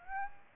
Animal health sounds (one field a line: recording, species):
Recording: mosquito wingbeat signal from an infrared sensor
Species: Aedes aegypti